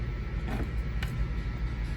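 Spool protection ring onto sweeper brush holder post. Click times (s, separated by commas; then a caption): 1.0 s. A plastic spool protection ring is pressed onto the brush holder post of a 677 model manual carpet sweeper. Over a steady low background hum, a soft scrape comes at about 0.5 s, then a short, faint click at 1.0 s. The ring is seated, though it goes on as less of a snap and more of a grab.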